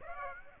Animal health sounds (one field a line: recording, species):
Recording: mosquito wingbeat signal from an infrared sensor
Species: Aedes aegypti